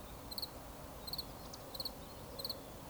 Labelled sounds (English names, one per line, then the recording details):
Eurasian Woodcock whistle
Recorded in Baden-Württemberg, Germany, on 11 June 2020 at 20:08 UTC
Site 24578, 122 m above sea level